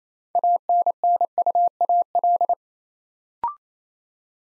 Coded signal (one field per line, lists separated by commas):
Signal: Morse code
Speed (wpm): 27 wpm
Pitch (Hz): 700 Hz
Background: none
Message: ANNUAL